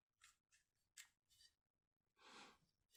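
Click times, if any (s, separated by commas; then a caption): none. A polymer MantisX MagRail baseplate adapter is fitted onto the bottom of an M&P Shield pistol magazine, producing short bursts of scraping and sliding plastic noise, with a louder, longer rasp near 2.2–2.7 seconds. No distinct click is heard, and the adapter has not seated or locked into place.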